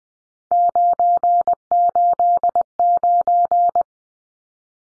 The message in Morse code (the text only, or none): 989